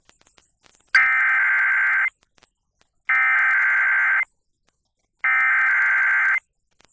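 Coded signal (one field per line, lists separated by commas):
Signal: Emergency Alert System (SAME) tones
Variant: header bursts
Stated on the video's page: Real Tropical Storm Warning relayed by a 100 kW commercial FM broadcast station, recorded via SDR.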